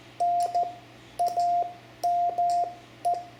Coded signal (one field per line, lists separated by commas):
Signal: Morse code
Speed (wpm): 14 wpm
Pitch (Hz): 700 Hz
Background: radio noise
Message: NAME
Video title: CW Calling CQ and a basic QSO (Lesson 12) Example for a new ham, amateur radio Morse Code